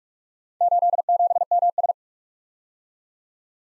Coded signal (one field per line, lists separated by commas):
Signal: Morse code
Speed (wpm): 51 wpm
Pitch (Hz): 700 Hz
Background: none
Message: 87MS